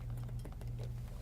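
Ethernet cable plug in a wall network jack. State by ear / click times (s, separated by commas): seated / 0.6 s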